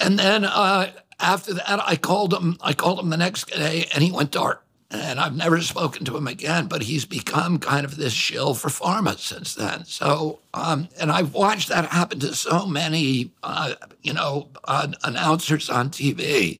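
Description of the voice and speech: An adult man speaks in a strained, tight, creaky voice with rough, broken-up voicing and choppy phrasing, though the words stay intelligible. This fits spasmodic dysphonia, a focal dystonia of the larynx in which spasms of the vocal folds squeeze and interrupt the voice; its effects are plainly noticeable in his speech.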